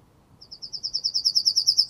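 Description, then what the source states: Yellowhammer song opening: a rapid, even series of many short, high notes, growing louder. Used on a bird nature trail.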